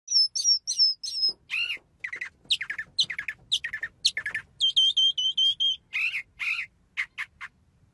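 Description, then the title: Bird song: varied chirps and sharp squawky notes. Brief whistled phrases and a run of quick repeated notes come in between, with short gaps. "birds sing"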